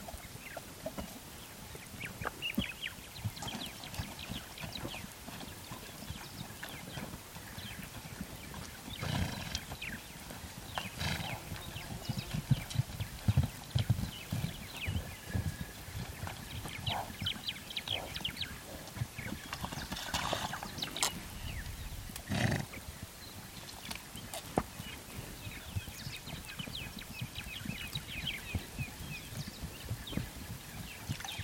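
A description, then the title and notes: Animals shuffle and stamp around a waterhole, with frequent hoof knocks, snorts and scuffing, plus a few louder thumps and splashes. African Wildlife At Waterhole.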